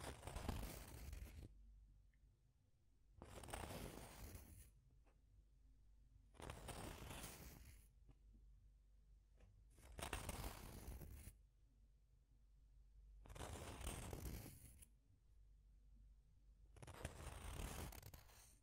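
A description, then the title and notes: Deep scratching comes in repeated bursts of about a second and a half, roughly every two and a half seconds, each a rough, dense scrape from low rumble up to bright hiss. Between strokes a quieter low hum remains. Deep Scratching. (No Talking).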